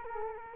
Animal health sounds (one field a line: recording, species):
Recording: mosquito wingbeat signal from an infrared sensor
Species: Culex quinquefasciatus